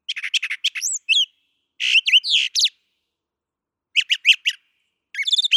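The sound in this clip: Brown thrasher singing bursts of rapid chips, slurred whistles and rasping notes, with a long quiet gap midway.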